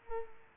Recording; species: mosquito wingbeat signal from an infrared sensor; Culex pipiens